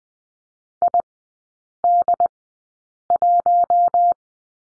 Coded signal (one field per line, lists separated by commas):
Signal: Morse code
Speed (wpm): 20 wpm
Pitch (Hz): 700 Hz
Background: none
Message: ID1